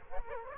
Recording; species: mosquito wingbeat signal from an infrared sensor; Culex quinquefasciatus